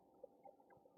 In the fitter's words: यह हिलेगा नहीं। यह बंद है।